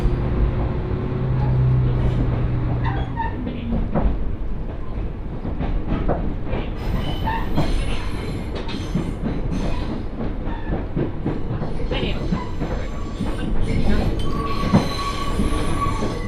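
A ride aboard the Mizushima Rinkai Railway from Kurashiki toward Mitsubishi Jiko-mae, with a steady low rumble from the train throughout. Rattles and clanks come often, growing busier and brighter after about six seconds, and a voice surfaces briefly amid the noise.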